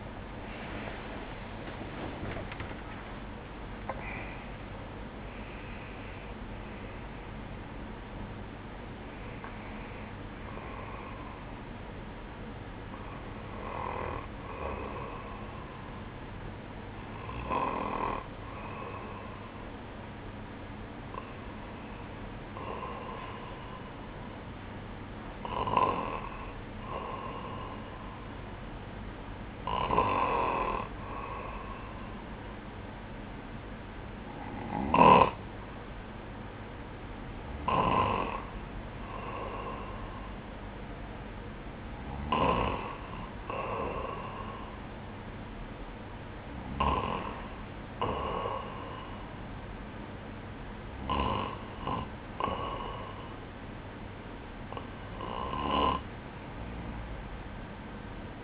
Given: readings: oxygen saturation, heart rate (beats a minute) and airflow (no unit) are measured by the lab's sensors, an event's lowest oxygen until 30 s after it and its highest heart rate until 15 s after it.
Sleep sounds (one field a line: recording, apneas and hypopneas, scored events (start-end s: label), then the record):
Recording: breathing in sleep by a voice recorder at the bedside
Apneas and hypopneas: none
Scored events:
2.00-31.00 s: awake
29.00-58.43 s: new sleep stage, N1 (lightest sleep)
From the record:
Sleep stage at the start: awake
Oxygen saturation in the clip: 89 to 97%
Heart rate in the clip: 59 to 84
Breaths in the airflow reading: 14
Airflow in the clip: -12.6 to 12.0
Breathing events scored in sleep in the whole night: 180 in 6.7 hours asleep